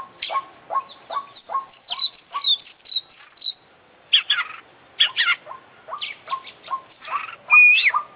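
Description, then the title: Oriental magpie-robin song: a steady series of short rising notes about twice a second, then louder scratchy phrases and a final clear whistle. Indonesian songbird-hobby (kicau mania) kacer; full 'isian' song of a constantly singing (gacor) international champion, used for training other birds. "Kicau Mania - Full Isian Juara Internasional Burung KACER Gacor"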